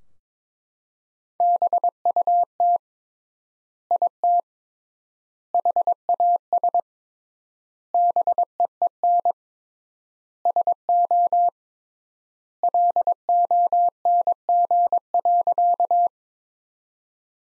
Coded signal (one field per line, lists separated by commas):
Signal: Morse code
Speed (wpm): 22 wpm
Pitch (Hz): 700 Hz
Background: none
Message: BUT IT HAS BEEN SO LONG.